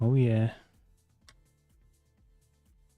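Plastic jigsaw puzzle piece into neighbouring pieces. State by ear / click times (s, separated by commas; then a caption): seated / 1.3 s. Someone talks briefly, then a plastic crystal jigsaw puzzle piece is pressed into its spot among the neighbouring pieces of the assembled puzzle. It snaps in with a single sharp click at 1.3 s over a quiet, steady low background, and the piece is seated.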